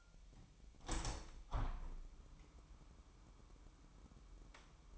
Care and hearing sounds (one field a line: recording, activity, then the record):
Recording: daily activity, microphone in the room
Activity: open window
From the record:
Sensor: 1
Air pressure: 998.7 hPa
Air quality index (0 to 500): 122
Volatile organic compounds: 3 ppm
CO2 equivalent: 1455 ppm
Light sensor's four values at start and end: 7/18/7/9 and 8/18/7/9